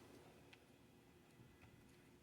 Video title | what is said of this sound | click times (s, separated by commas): Transformers Studio Series 86 Constructicon Scavenger deluxe Devastator limb Transformers review | Pop this back on the mushroom peg here. Just line it up until it clicks. | 0.5 s